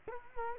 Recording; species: mosquito wingbeat signal from an infrared sensor; Culex quinquefasciatus